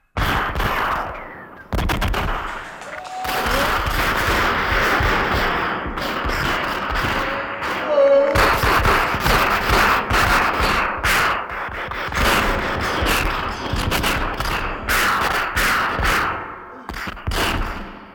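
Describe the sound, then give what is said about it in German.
A heavy exchange of gunfire between police and gangster Jim Cooper's men at a surrounded villa, with dense bursts of sharp, rapid shots overlapping continuously for many seconds, broken only by a few brief pauses. Loud and relentless, no voices. “Es kam, wie Sie soeben gehört haben, zu einem heftigen Schusswechsel.”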